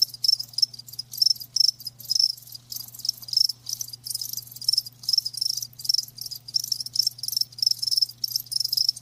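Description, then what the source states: Crickets chirping steadily, high pulsed bursts repeating in an even rhythm with short gaps, a low hum running throughout. Live crickets chirping, a lulling song.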